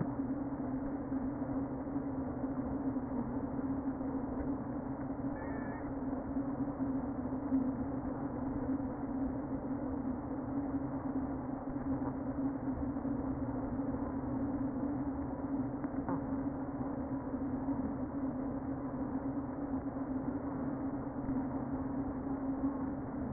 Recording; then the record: honeybee colony, microphone inside the hive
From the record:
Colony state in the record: queen present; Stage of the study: before two queens were removed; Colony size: about 60,000 bees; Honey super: yes